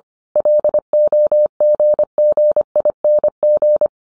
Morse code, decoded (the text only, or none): LOGGING